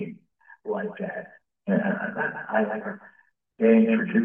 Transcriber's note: laughs